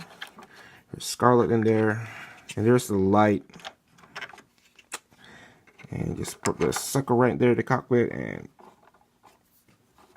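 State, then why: Not seated. Someone talks while handling the plastic cockpit piece of a 1/18 scale die-cast F-22 Raptor model jet, placing it over the fuselage with a few faint taps and handling noises between the words. Nothing has seated or clicked yet.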